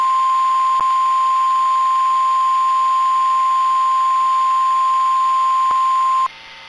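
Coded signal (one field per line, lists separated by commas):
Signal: Emergency Alert System (SAME) tones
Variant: 1050 Hz attention tone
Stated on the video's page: Received off a NOAA Weather Radio station in Arkansas, Tornado Emergency alert.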